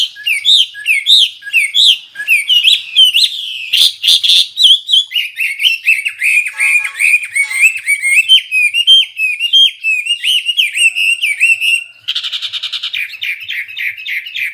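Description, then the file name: Hwamei singing a rich, nonstop medley of clear whistles, rapid trills and buzzy notes, with a harsh rattling burst near the end. Singing energetically. "Burung Hwamei Wambi wambie. Gacor"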